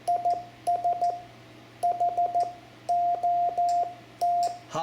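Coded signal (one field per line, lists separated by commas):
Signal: Morse code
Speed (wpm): 14 wpm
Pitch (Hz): 700 Hz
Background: radio noise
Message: IS HOT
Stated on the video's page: Lesson example of calling CQ and a basic CW QSO for new amateur operators.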